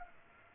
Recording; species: mosquito wingbeat signal from an infrared sensor; Culex pipiens